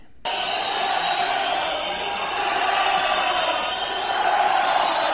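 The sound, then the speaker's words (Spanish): A large concert crowd chants together in unison, a dense, steady roar of many voices that holds loud and constant for several seconds, swelling slightly toward the end. “Luego ya la banda se empieza a desesperar y empieza al unísono la entonación magistral de...”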